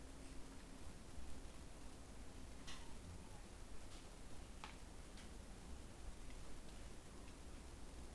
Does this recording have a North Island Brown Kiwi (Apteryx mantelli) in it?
no